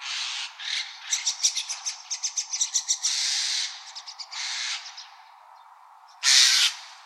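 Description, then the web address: White-cheeked starling giving harsh, noisy grating calls, including a quick rattling series of clipped notes midway and a loud rasping burst near the end. Recorded on 23 May 2015. "birdenaga mukudori 150523"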